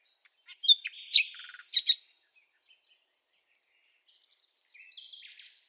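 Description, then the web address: Bird chirps and buzzy notes in the first two seconds, then a soft, drawn-out warble later on. "Bird Only"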